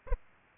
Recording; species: mosquito wingbeat signal from an infrared sensor; Aedes aegypti